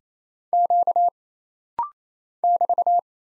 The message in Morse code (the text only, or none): Q <BT>